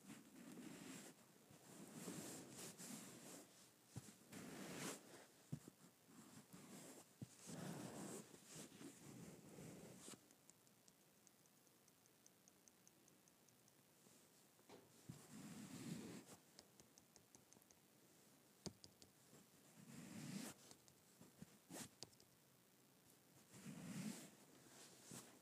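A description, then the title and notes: Fabric is stroked in soft, swishing passes every couple of seconds, with sharp little ticks and clicks scattered between them and a quieter stretch midway. Fabric Stroking.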